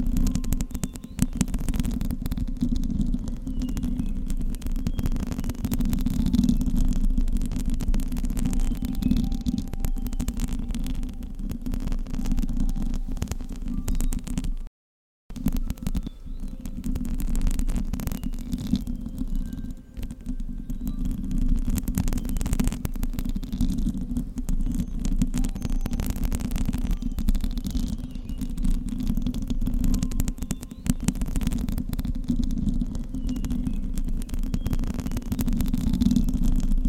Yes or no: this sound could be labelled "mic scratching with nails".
yes